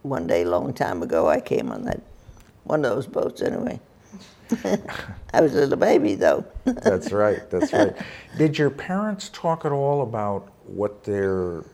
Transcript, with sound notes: one day a long time ago I came on that -- one of those boats, anyway. I was a little baby though (laughs)
That's right, that's right. Did your parents talk at all about what their